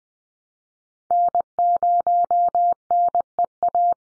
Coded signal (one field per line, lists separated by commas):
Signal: Morse code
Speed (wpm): 20 wpm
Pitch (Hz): 700 Hz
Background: none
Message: N0NEA